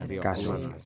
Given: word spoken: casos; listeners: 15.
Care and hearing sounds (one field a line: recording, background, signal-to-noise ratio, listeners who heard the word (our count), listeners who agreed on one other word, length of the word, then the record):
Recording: one Spanish word in noise, from a listening test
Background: four-talker babble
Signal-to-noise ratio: 0.8 dB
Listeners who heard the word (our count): 0 of 15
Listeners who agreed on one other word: 9 of 15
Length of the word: 0.45 s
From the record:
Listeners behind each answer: 9, 2, 1, 1, 1, 1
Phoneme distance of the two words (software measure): 7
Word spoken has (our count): 2 syllables, 5 phonemes, stress on syllable 1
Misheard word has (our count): 2 syllables, 4 phonemes, stress on syllable 1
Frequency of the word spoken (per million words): 247.74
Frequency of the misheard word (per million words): 635.68